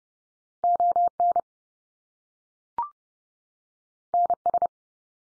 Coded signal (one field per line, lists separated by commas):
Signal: Morse code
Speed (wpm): 30 wpm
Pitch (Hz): 700 Hz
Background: none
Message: ON NS